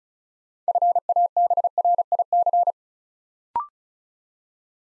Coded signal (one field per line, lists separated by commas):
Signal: Morse code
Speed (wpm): 36 wpm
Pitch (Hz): 700 Hz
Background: none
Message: FABRIC